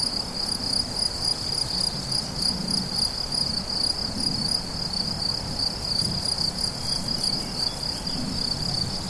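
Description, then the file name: Crickets keep up a high pulsing chirp over a noticeable low rumbling background. Crickets recorded 17 July 2013 at La Fortiche on an MZ-N710 recorder. "mz-n 710 grillons la fortiche 17 07 13"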